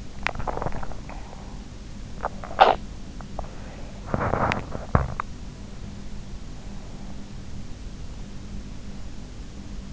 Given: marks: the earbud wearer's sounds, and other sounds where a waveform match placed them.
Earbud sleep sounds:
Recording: sounds in sleep by an in-ear microphone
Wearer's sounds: swallowing, teeth grinding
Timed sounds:
0.00-1.48 s: swallowing
2.05-5.31 s: teeth grinding

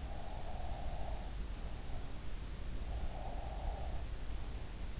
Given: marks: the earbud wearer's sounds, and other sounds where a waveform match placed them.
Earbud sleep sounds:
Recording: sounds in sleep by an in-ear microphone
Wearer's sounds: breath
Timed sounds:
0.00-1.76 s: breath
2.64-4.48 s: breath

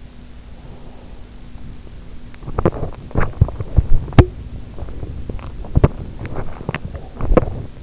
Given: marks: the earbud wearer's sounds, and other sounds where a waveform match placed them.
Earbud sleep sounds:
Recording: sounds in sleep by an in-ear microphone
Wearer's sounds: breath, teeth grinding, cough or throat clearing or sniffle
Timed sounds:
0.44-1.48 s: breath
2.38-7.82 s: teeth grinding
6.81-7.11 s: cough or throat clearing or sniffle

